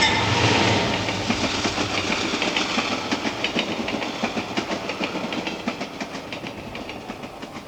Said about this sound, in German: Zählen Sie die Züge.